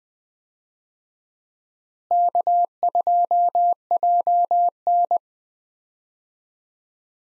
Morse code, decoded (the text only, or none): K2JN